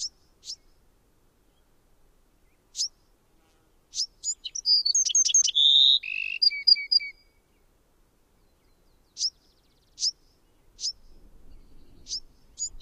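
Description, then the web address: Bewick's wren song: one complex phrase of high notes, a steady buzzy tone, then paired slurred notes near the middle, set among scattered sharp high chips before and after. "Songs of Birds of North America Know Your Bird Sounds. Bewicks Wren"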